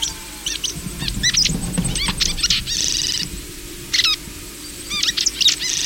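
Welcome swallow giving a busy run of high, sharp chirps and upslurred twittering notes over low background noise.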